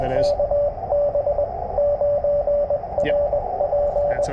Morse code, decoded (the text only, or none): KB9RP